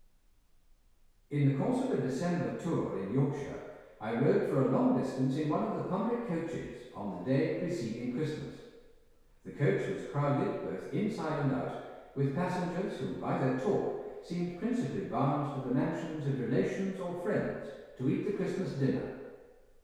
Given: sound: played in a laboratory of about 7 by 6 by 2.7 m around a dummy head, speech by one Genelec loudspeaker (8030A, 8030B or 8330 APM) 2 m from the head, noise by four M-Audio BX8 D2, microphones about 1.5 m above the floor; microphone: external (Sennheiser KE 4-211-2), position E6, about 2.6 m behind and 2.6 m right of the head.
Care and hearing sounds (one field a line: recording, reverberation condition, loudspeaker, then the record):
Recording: male speech in English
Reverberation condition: high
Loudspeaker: behind (180 degrees)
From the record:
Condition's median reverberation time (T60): about 1300 ms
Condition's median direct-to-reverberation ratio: about -4.0 dB